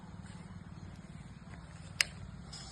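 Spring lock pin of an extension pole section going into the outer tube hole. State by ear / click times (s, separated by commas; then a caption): seated / 2.0 s. The spring lock pin on a section of a 32-foot telescopic tree-branch cutter pole snaps into the hole in the outer tube as the pole is extended and the pin lines up with the holes. A single sharp metallic click is heard at 2.0 s over a steady low background hum. The lock is seated and confirmed done.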